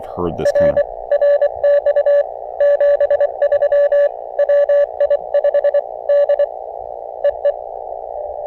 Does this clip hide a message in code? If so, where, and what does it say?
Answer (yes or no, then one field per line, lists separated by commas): yes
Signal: Morse code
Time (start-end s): 0.5-7.5 s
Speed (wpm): 24 wpm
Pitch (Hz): 580 Hz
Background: speech, radio noise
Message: R RX 73 WI5D EE